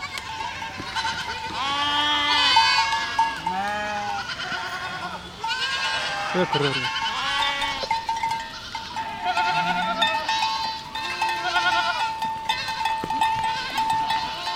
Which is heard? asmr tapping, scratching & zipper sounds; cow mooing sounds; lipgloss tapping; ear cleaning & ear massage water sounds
cow mooing sounds